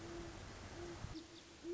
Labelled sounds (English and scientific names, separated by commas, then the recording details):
Great Horned Owl (Bubo virginianus)
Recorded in Sonoma County, California